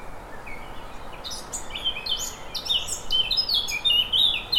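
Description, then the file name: Eurasian blackcap starting a lively warble after a brief quiet spell, notes growing louder, with clear whistled slides at the end. "Sylvia atricapilla"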